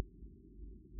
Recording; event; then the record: neck accelerometer signal played as sound; no cough (speech, laughter, throat clearing or background)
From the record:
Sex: male